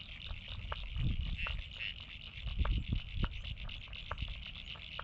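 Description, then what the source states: Steady high frog chorus with clicking notes, and low rumbles rising briefly around one and three seconds. Frogs recorded at North Head, Sydney, Australia.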